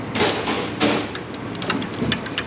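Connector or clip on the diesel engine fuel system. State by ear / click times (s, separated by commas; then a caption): not seated / none. A plastic engine harness connector on the fuel system of a Silverado 6.6 LBZ Duramax diesel is handled while the fuel system is being reinstalled. Broad rustling and scraping noise is broken by a few short, sharp ticks near the end. Nothing has seated or clicked yet.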